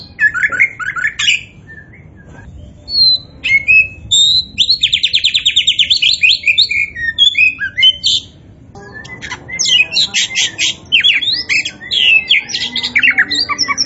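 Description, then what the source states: Oriental magpie-robin singing varied phrases: whistled notes, a rapid rattling trill, then jumbled chattering and chirps. Kacer poci type of Oriental magpie-robin, singing in gacor style (vigorous, continuous song).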